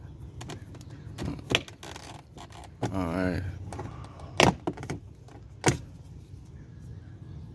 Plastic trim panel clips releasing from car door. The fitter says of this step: and then just work your way around and this entire panel should just pop off